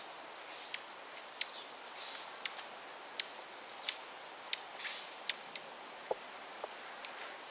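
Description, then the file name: Dark-eyed junco uttering crisp, sharp tick notes at irregular intervals, with faint high twitters between them. Oregon group of the dark-eyed junco. "Junco hyemalis Oregon group - Dark-eyed Junco"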